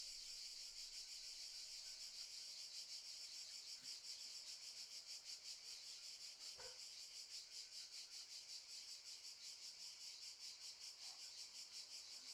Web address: Sculp Tunes - Summer in the field - Crickets and Cicadas - Summer in the fields - DAY Morning - the cicadas stridulate very loudly